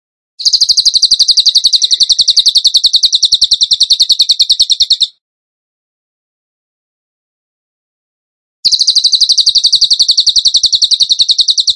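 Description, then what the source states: Bird song: a long burst of quick high uniform notes, several seconds of silence, then the same rapid series resumes. Songbird training song (masteran), in the gacor tembakan style.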